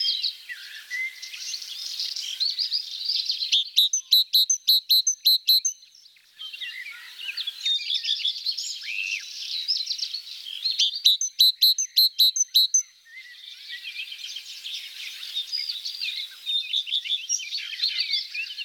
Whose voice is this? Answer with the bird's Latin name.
Parus major